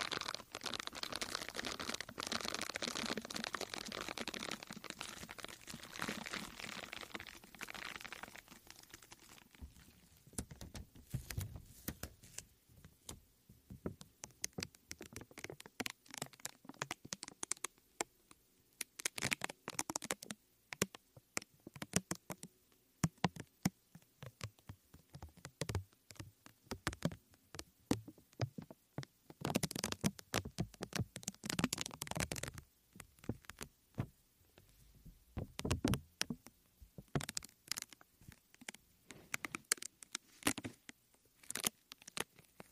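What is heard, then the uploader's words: Scratching and brushing on a foam mic cover, with no talking. For the first eight seconds it's a dense, continuous rough rubbing; after that it breaks into irregular bursts of scraping and sharp crackly strokes, separated by short silences, through to the end. ASMR THE ULTIMATE MIC TRIGGER TEST on NEW Blue Yeti Pro (mic brushing, mic scratching, no talking). Mic Scratching on Foam Mic Cover.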